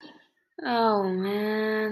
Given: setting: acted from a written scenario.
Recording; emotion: vocal sound without words; shame